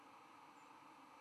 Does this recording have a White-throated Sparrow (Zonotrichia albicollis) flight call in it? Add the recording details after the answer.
yes. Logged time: 05:02 on 11 November 2014